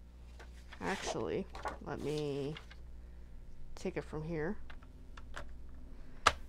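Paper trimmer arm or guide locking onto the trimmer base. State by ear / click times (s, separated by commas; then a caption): seated / 6.3 s. While cardstock is set up on a plastic paper trimmer, someone talks amid soft handling noises, then the trimmer's arm or guide is pressed into position on the trimmer base. A sharp click at 6.3 s marks it locking firmly in place.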